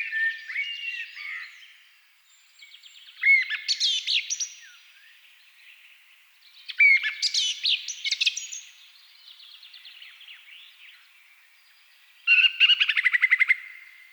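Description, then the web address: Thrush singing in separate phrases a few seconds apart, mixing clear whistles with rapid scratchy trills. Several thrushes singing at dusk. "agykontroll CD 3-A természet hangjai Rigók szürkületkor"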